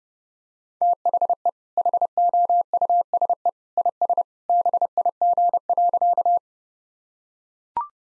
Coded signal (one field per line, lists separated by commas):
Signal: Morse code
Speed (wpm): 30 wpm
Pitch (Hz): 700 Hz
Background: none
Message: THE HOUSE IS BIG.